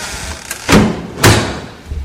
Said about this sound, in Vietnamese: Anh đi qua, bước đi rất nhanh, trong chớp mắt đã đến ngay cửa chính rồi mở rầm cửa.